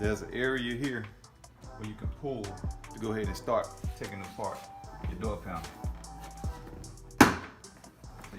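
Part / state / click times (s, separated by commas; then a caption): plastic door panel retaining clips in the car door frame / released / 7.2 s. A Jaguar car door trim panel is pulled at its pull area to start taking it apart for side mirror removal, with music playing and someone talking over it. A sharp, loud snap at 7.2 s is the panel's plastic retaining clips popping loose from the metal door, and the panel is released.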